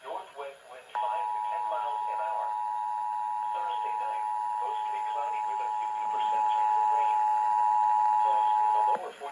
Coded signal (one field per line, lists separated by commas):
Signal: Emergency Alert System (SAME) tones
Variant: 853 and 960 Hz attention tone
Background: speech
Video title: EAS - AM Required Monthly Test Test 2/07/2024 (KOAC, Oregon Emergency Management)